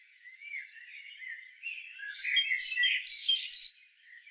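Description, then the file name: Great tit calls: soft, faint twittering at first, then several sharp, high, ringing notes in quick succession over about a second and a half. "Parus major"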